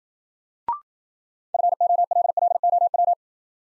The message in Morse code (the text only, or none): FOLLOW